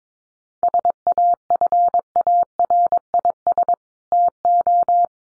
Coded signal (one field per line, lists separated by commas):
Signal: Morse code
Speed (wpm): 22 wpm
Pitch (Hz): 700 Hz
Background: none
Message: SAFARIS TO